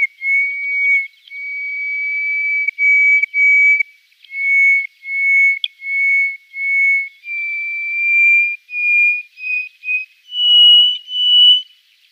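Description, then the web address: Hoopoe lark song: a series of clear, pure whistled notes, held steady at first, then climbing in pitch toward the end. "Schulze Peter Hoopoe-Lark"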